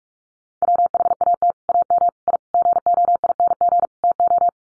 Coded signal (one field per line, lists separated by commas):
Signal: Morse code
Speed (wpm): 44 wpm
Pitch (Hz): 700 Hz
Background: none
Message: WHAT AM I GOING TO